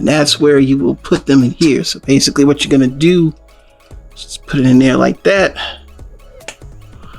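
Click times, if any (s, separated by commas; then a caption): 6.5 s. Someone talks while pushing a plastic pile driver arm accessory into a hole on a blue Transformers Studio Series '86 Core Class Rumble toy robot figure. After a quieter stretch of faint handling sounds, a sharp click rings out at 6.5 s as the pile driver seats in the peg hole.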